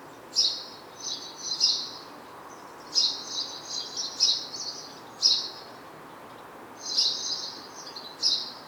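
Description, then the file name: House sparrow giving loud clipped chirps, often in quick pairs or short runs, irregularly spaced with brief pauses between. "Passer domesticus"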